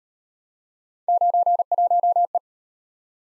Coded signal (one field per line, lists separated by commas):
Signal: Morse code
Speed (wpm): 39 wpm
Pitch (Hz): 700 Hz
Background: none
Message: 91E